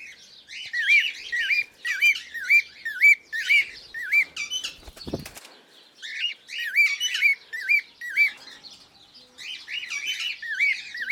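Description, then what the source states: Cockatiel calls: a run of wavering, bent chirps about two per second, with brief pauses. Pearl colour variety.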